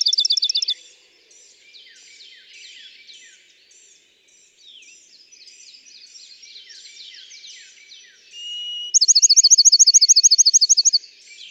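Bachman's sparrow song: a clipped trill at the start, then a steady whistled note followed by a fast, bright, high trill lasting about two seconds, over a busy chorus of other birds.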